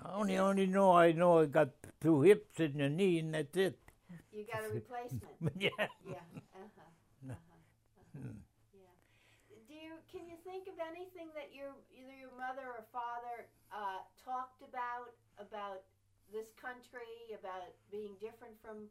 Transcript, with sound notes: Only know, I know, I've got two hips and a knee and that's it.
You got a replacement.
Yeah. (laughing)
Yeah. Uh-huh. Do you, can you think of anything that your, either your mother or father talked about, about this country, about being different from....